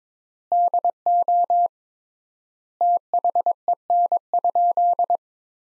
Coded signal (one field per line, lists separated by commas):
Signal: Morse code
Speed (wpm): 22 wpm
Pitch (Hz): 700 Hz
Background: none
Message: DO THEN?